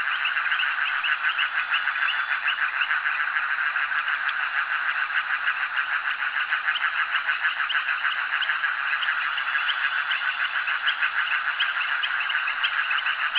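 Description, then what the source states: Frogs calling in a dense chorus of fast overlapping pulsed notes, steady and continuous throughout with no pauses. Frogs calling at a jetty.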